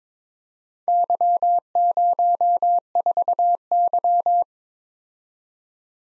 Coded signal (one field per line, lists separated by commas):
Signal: Morse code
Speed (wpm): 25 wpm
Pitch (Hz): 700 Hz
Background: none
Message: Y04Y